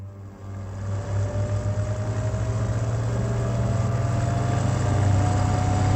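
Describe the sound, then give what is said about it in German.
A car engine drones steadily as the car drives on the road along the cliffs of Beachy Head, a low rumbling hum holding constant for several seconds while a thin higher tone slowly climbs in pitch. No one speaks. “Ihr Auto kam an der Steilküste von Beachy Head von der Straße ab und stürzte über 100 Meter in die Tiefe.”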